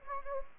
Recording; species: mosquito wingbeat signal from an infrared sensor; Anopheles gambiae